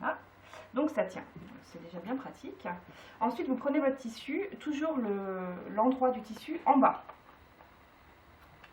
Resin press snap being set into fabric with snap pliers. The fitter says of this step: on vient poser on presse vous entendez un clic c'est que c'est posé on enlève et